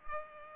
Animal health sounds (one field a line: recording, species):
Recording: mosquito wingbeat signal from an infrared sensor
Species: Culex pipiens